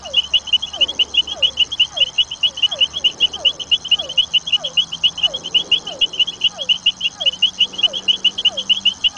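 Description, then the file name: Oven frog calling a rapid, steady train of short high notes, with lower descending whistles repeating in the background. "Leptodactylus furnarius"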